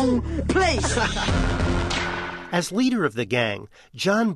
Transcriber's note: soundbite of laughter